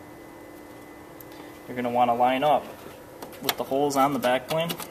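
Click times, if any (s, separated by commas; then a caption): none. A hard drive backplane is handled and positioned inside a PowerEdge 2950 rack server chassis during a backplane conversion, to be lined up with the holes and tabs. Light handling taps are heard around 1.2 s and 3.2 s while someone talks. Nothing has seated or clicked yet.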